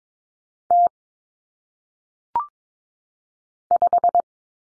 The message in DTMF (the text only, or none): none